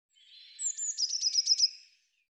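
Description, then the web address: Eurasian blue tit call: a thin high note sliding down, then a quick stuttering run of sharp metallic pulses, all very high-pitched. "cianscape birddata Deverinetal 2025 File cleaned normalized Bird Cy Ca"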